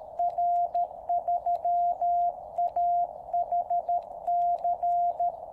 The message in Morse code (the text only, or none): R3AHC